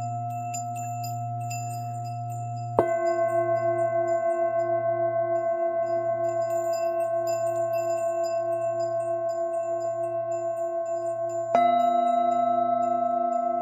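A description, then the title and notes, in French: Tibetan singing bowls ring with long, steady sustained tones and a low pulsing hum underneath. A bowl is struck just before three seconds, and another near eleven and a half seconds, each adding a fresh bright ring that slowly decays over the sustained drone. Bols tibétains.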